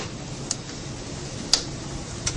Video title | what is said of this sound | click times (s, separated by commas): UTS IMT UC 2012 S1 By Robby Rijanto and Albert Taurusta 2/3 | sesudah terpasang dengan bunyi ceklek seperti ini | 1.5 s